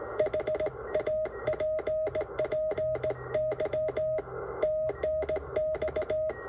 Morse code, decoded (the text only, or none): HAPPY TNX